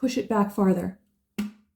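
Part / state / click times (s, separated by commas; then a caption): hinged sip lid on a portable blender cup / seated / 1.4 s. Someone talks while the hinged sip lid of a Ninja BC151WH Blast portable blender jar is pushed back farther, so it won't flop back and hit the drinker in the face. After a short silence, a single sharp click at 1.4 s marks the lid snapping into its open detent, where it seats in the open position.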